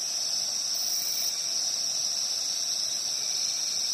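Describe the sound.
Cricket holds a steady, even high-pitched trill with nothing else standing out.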